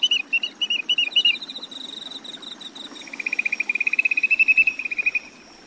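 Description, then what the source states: Grey-tailed tattler calls: a few short whistled notes, then a rapid, even trill of bright notes lasting about two seconds, with a faint high tone behind. Chiba Prefecture, Japan.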